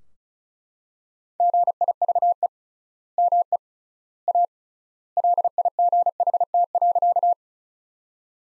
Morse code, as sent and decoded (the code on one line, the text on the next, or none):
--. .. ...- . / -- . / .- / .-.. .. --. .... - .-.-.-
GIVE ME A LIGHT.